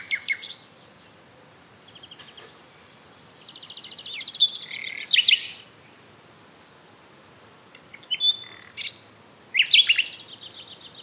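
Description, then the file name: Common nightingale song in short varied phrases of whistles, buzzy trills and sharp high notes, separated by pauses, over faint background hiss. "Luscinia megarhynchos"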